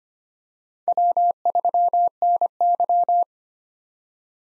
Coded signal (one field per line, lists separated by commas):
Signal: Morse code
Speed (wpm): 25 wpm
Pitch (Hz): 700 Hz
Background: none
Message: W3NY